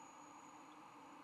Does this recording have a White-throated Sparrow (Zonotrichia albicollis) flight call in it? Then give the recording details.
no. No flight call is heard. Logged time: 10:34 on 10 November 2014